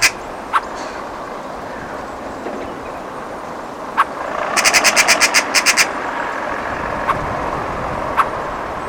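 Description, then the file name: Eurasian magpie chattering, a rapid harsh rattle of about ten notes, heard over steady traffic noise with a few sharp clicks. "Pica pica"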